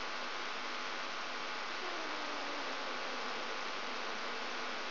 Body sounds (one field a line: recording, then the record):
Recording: brain microelectrode recording played as sound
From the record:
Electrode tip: outside the subthalamic nucleus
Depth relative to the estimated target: -8 mm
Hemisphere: right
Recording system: AlphaMap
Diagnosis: Parkinson's disease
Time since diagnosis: 20 years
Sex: female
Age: 65 years